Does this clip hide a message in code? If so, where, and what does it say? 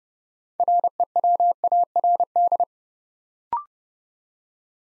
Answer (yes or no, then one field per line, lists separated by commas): yes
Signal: Morse code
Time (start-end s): 0.6-2.6 s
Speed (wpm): 30 wpm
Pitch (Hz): 700 Hz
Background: none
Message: REWARD